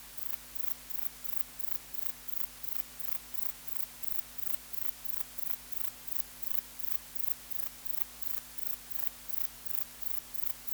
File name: Platycleis albopunctata